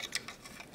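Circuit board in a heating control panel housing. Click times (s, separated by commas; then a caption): 0.2 s. A small tool is flicked under the circuit board of a British Gas UP2 boiler heating control panel and pulled upwards with enough force to pop the board out of its plastic housing. A sharp click sounds at about 0.2 seconds, followed by a softer tick just after. The control board is released from its housing.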